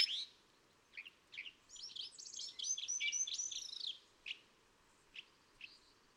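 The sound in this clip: California thrasher song with a rich, continuous run of warbled and whistled notes lasting about two seconds, framed by a few separate harsh chirps; light background hiss.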